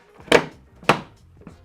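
A carbon fibre rear diffuser is pushed home into the slots on the rear bumper of a BMW M3 G80 / M4 G82. Two sharp, loud snaps ring out at 0.3 s and 0.9 s, with fainter taps around 0.2 s and 1.5 s. The diffuser clips seat and the part is fitted.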